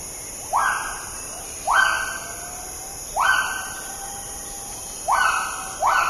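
Agile gibbon calling: five loud, rising whooping notes, each sweeping up then trailing off, at irregular intervals, over a steady high-pitched background hum.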